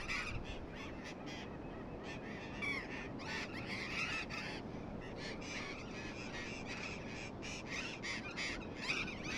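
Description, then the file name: Burrowing parrots give loud, harsh squawks in quick bursts, several birds overlapping, with brief gaps between flurries of screeching. "tomas miguel - loros barranqueros"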